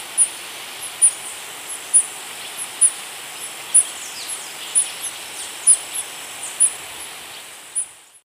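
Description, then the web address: Yellow-green bush tanager giving a steady series of very high, sharp, thin notes over a steady hiss with faint other chirps. Recorded in Ecuador. "Birds of Ecuador. Yellow-green Bush-Tanager"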